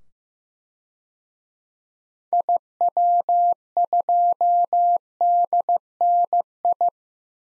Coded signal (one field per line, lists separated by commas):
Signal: Morse code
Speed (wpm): 15 wpm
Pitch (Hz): 700 Hz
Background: none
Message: IW2DNI